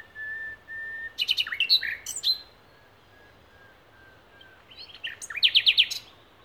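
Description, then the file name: Common nightingale beginning with plain sustained whistles, then a burst of fast rattling and sliding notes; after silence, a rapid pulsing trill. "Luscinia megarhynchos"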